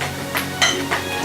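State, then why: Seated. A leg tube of a LangXun 5-foot trampoline frame is pushed into its plastic frame connector bracket over faint background music. It snaps home with a short, sharp clinking click at 0.6 s, with lighter taps just before and after, and the leg is seated in the bracket.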